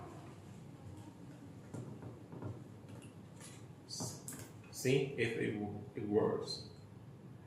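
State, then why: Seated. An SD memory card is flipped, inserted the other way round and pushed into a camera's card slot, with faint handling taps around 1.7–2.4 s. One sharp, short click rises clearly above the quiet background at 4.3 s as the card seats, while someone talks.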